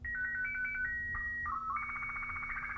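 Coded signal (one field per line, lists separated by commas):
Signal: SSTV (slow-scan television)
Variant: Robot BW 8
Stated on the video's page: Slow scan TV and FAX-64 on a Commodore 64.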